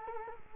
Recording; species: mosquito wingbeat signal from an infrared sensor; Culex quinquefasciatus